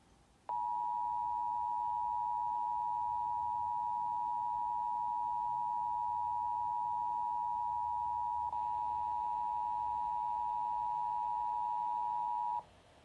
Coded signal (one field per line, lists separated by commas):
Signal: Emergency Alert System (SAME) tones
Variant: 853 and 960 Hz attention tone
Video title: Another AZ silver Alert (EAS#132)